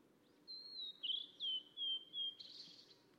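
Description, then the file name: Mangrove blue flycatcher song, one sweet whistled phrase of about five smooth notes that dip and level off, ending in a brief rough burst. "tledekan laut"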